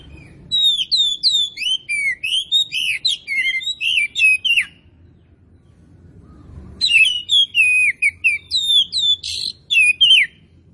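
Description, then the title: Oriental magpie-robin delivering rapid strings of varied whistled, up- and down-slurred notes in two long bursts separated by a pause. Singing actively (gacor); Tretes. "Kacer Tretes Gacor"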